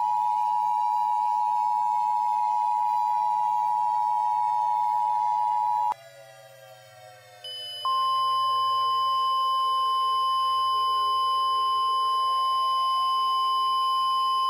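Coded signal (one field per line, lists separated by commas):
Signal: Emergency Alert System (SAME) tones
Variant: 853 and 960 Hz attention tone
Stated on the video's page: Fictional coastal warning EAS scenario that may contain valid tones.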